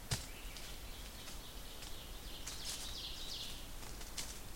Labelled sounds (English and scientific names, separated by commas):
Ovenbird (Seiurus aurocapilla) song